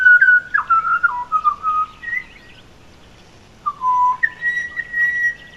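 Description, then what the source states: Pied butcherbird nocturnal song: clear fluted whistles in short phrases, dropping in steps, then a pause and a phrase rising to a held high note. Phone recording in Toowoomba; nocturnal song, bird woke the recordist about 4:40 a.m. several days running; sounds like reaching for a high note it cannot quite reach.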